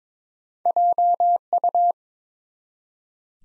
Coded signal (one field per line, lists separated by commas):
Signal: Morse code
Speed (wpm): 22 wpm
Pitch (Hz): 700 Hz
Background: none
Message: JU